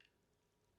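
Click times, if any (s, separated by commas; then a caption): none. A trigger mechanism pin is being pushed into a polymer Glock pistol frame during trigger work. Two faint, brief ticks of handling come at about 0.0 and 0.1 s, followed by a low, steady background hum. The pin has not seated or clicked into place yet.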